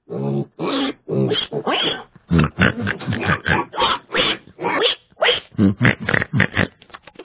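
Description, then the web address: Pigs grunting in a rapid series of harsh, throaty bursts with brief pauses between them. "Real Pigs"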